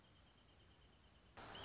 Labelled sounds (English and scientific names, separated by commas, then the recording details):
Wrentit (Chamaea fasciata)
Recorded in Sonoma County, California